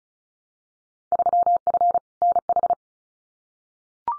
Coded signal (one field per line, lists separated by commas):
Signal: Morse code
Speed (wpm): 36 wpm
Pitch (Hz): 700 Hz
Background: none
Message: 3F NH